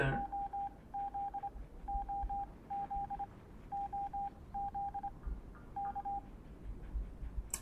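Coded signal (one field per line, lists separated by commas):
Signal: Morse code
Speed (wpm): 23 wpm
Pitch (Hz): 800 Hz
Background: none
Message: OZ OZ OZ K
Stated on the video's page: Morse heard in the game Fallout: The Frontier, streamed live.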